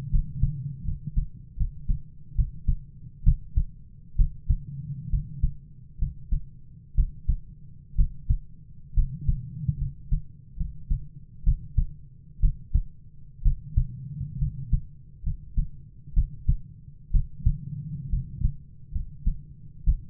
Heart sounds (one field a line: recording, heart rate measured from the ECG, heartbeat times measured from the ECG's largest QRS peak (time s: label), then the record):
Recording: heart sounds by stethoscope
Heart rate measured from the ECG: 67 bpm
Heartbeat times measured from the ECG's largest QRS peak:
0.10 s: heartbeat
0.84 s: heartbeat
1.56 s: heartbeat
2.35 s: heartbeat
3.23 s: heartbeat
4.16 s: heartbeat
5.09 s: heartbeat
5.98 s: heartbeat
6.94 s: heartbeat
7.95 s: heartbeat
8.94 s: heartbeat
9.78 s: heartbeat
10.56 s: heartbeat
11.43 s: heartbeat
12.40 s: heartbeat
13.42 s: heartbeat
14.38 s: heartbeat
15.22 s: heartbeat
16.13 s: heartbeat
17.11 s: heartbeat
18.09 s: heartbeat
18.91 s: heartbeat
19.84 s: heartbeat
From the record:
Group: healthy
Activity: cold pressor test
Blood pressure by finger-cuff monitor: 89/46 mmHg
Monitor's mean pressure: 58 mmHg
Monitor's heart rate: 67 bpm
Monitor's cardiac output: 7.9 L/min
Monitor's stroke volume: 121 mL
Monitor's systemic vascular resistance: 480 dyn s/cm5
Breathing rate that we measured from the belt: 14 breaths a minute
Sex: male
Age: 22 years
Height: 185 cm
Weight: 112.4 kg